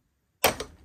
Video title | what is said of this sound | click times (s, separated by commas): My Office Needs Some Help - Automatic Shade - Curtains - Window Treatment - Fly Tying Room | you should hear it click. See | 0.4 s